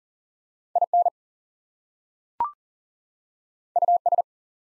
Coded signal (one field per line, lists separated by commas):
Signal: Morse code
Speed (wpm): 40 wpm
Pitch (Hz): 700 Hz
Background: none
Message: IN US